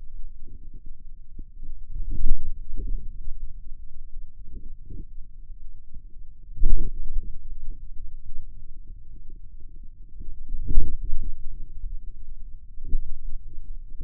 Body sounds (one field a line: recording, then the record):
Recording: forearm muscle sounds (acoustic myography)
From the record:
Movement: ulnar deviation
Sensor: system 2, bracelet of six BSWA MPA416 microphones around the upper forearm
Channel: 6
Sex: male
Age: 22 years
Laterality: right